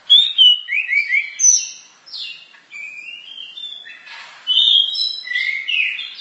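Bird song: rapid, high warbled whistles with quick up-and-down slurs, running almost without pause.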